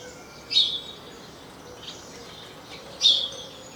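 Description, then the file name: House sparrow giving two loud sharp chirps about two and a half seconds apart, with fainter chirps between them. "Passer domesticus"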